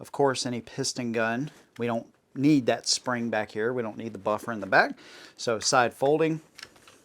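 Someone talks throughout while handling a side-folding rifle stock, folding it toward its hinge lock, with a couple of brief handling ticks near the end at 6.6 s and 6.9 s. Nothing has seated or locked yet by the end of the clip.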